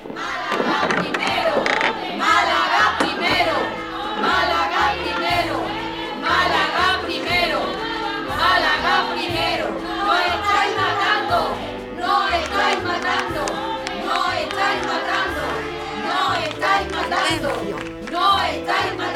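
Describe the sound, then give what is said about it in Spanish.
A large crowd shouts and clamors continuously, many voices overlapping into a loud, unbroken roar with frequent sharp yells rising above the din. “¡Imposible hablar así!”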